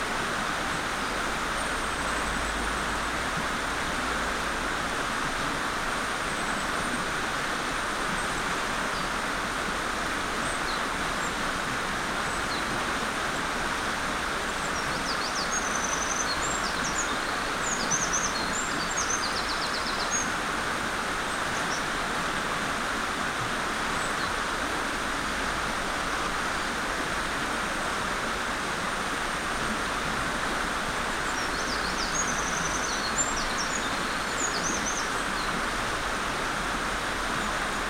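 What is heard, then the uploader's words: A mountain stream rushes in a dense, unbroken roar, while faint high bird chirps surface around the middle and again near the end. Mountain streams and birds in Okutama. Mountain stream - Wren's cry in the distance - Mountain stream - Wren's cry approaches.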